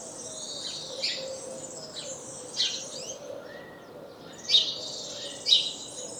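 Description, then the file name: House sparrow chirping, sharp notes coming at uneven intervals, two louder chirps near the end, over faint bird chatter and constant background noise. "Passer domesticus"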